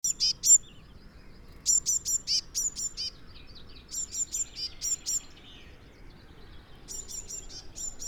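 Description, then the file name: Eurasian blue tit calls: several bursts of very high, thin chirps with pauses between. "Cyanistes caeruleus"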